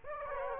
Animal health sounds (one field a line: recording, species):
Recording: mosquito wingbeat signal from an infrared sensor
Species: Aedes aegypti